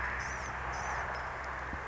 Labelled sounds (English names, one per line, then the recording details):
Blue-gray Gnatcatcher
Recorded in Sonoma County, California